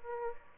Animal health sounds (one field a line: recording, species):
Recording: mosquito wingbeat signal from an infrared sensor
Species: Aedes albopictus